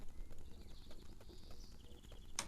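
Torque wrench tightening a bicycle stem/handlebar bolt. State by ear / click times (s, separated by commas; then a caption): torque reached / 2.4 s. A torque wrench set to 4 Nm, the value marked on the part, tightens a handlebar/stem bolt on a new Radon Slide 130 29 9.0 bicycle. Steady ratcheting strokes are heard, then a sharp, loud click at 2.4 s as the wrench breaks at its set torque.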